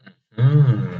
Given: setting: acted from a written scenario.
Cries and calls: vocal sound without words; interest

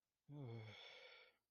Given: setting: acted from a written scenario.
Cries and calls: vocal sound without words; guilt

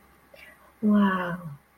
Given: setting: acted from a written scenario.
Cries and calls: vocal sound without words; serenity

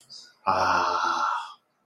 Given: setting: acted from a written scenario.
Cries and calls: vocal sound without words; ecstasy

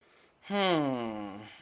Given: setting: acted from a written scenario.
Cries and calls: vocal sound without words; anger

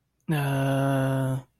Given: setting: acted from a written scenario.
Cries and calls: vocal sound without words; confusion

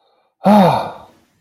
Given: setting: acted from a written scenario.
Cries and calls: vocal sound without words; ecstasy

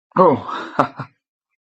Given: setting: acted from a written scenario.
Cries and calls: vocal sound without words; positive surprise

